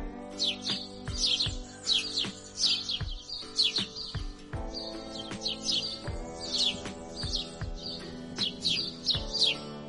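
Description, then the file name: Grey-headed sparrow giving a busy run of high, slurred chirps almost without pause, accompanied by continuous tonal hum and repeated low thuds. "canto do pardal de cabeca cinzenta"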